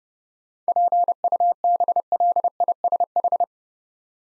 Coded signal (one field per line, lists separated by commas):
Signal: Morse code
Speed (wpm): 29 wpm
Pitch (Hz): 700 Hz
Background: none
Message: PUBLISH